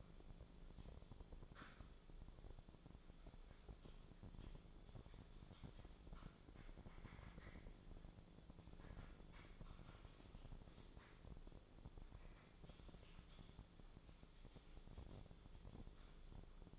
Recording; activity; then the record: daily activity, microphone in the room; typing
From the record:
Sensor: 5